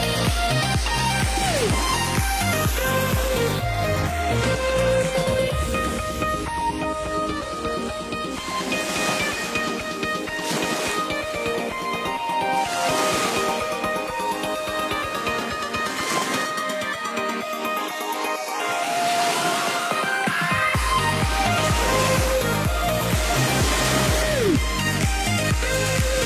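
Bright electronic music plays over a wash of ocean waves, with a steady pulsing beat and layered synth lines throughout. Around the middle the low bass drops out for several seconds, leaving airy, shimmering tones and surf-like hiss before the full beat returns near twenty seconds.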